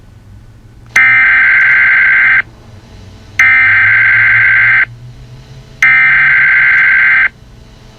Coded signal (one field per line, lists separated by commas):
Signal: Emergency Alert System (SAME) tones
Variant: header bursts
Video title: EAS Scenario Chuck E Cheese Incident Remastered